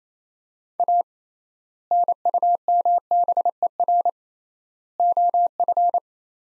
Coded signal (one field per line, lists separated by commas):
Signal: Morse code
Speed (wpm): 28 wpm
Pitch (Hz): 700 Hz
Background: none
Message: A NUMBER OF